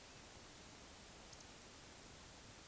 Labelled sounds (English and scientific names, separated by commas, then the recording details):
Eurasian Woodcock (Scolopax rusticola) whistle
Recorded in Baden-Württemberg, Germany, on 31 May 2021 at 20:06 UTC
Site 24606, 635 m above sea level